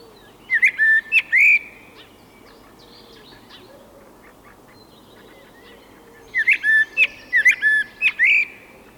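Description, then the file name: Eurasian blackbird song in two bursts of fluted whistles and thin high twitters, with a long pause between them. "koltrast"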